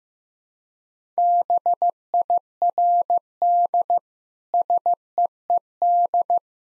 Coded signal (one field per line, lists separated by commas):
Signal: Morse code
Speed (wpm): 15 wpm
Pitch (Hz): 700 Hz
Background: none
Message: BIRD SEED